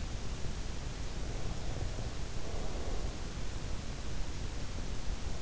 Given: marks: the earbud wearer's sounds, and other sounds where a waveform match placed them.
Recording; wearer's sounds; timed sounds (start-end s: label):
sounds in sleep by an in-ear microphone; breath
1.19-3.26 s: breath